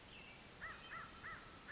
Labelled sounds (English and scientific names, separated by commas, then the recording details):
American Crow (Corvus brachyrhynchos)
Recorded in Sonoma County, California